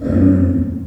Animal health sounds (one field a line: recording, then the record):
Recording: squeal of a Yucatan mini pig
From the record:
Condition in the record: after surgery on the right vocal fold (resection and tissue-engineered implant)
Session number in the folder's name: 7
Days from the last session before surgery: 47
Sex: female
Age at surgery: 19 weeks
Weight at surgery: 25 kg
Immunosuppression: prednisolone